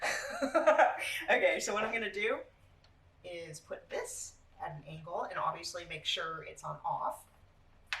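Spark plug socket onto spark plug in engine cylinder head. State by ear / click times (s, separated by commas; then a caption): seated / 7.9 s. A spark plug socket is pushed at an angle down onto the spark plug in the engine cylinder head of a 1967 Mustang Fastback during a compression test. Someone talks throughout. A short, sharp click at 7.9 s marks the socket seating firmly on the plug.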